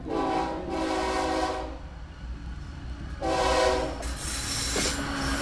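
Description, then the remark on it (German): A train rumbles steadily along the rails while its horn sounds twice in long, harmonic blasts, the second louder and followed by a bright, high-pitched squeal from the wheels. “Während die Karawane unterwegs ist, befördern die Züge keine Migranten.”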